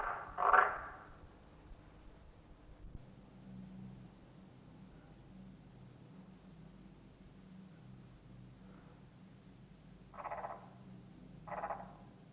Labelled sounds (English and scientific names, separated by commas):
Edible Frog (Pelophylax esculentus) call